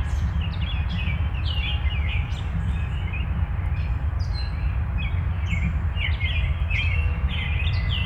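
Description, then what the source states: Birds chirping, many quick high chirps and short sweeping notes overlapping steadily, over a constant low rumble. Birds heard along with a distant train.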